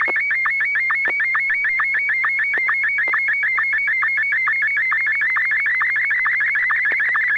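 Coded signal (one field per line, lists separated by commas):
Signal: SSTV (slow-scan television)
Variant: Martin 1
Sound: continuous warbling tone between 1.5 and 2.3 kHz, broken by rapid regular low sync ticks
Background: low hum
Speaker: AI6DG. Are you ready to send an image?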